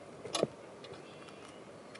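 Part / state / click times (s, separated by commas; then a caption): safety clip onto sliding roof rack frame / seated / 0.3 s. A safety clip is snapped onto the locked frame of a WAR~RAK Easy Load sliding kayak roof rack on an SUV, with the kayak already secured and locked in place. A sharp click at 0.35 s is followed by a second short knock at 0.4 s, then low background noise with a faint tick near 2.0 s. The clip seats onto the roof rack frame at 0.35 s.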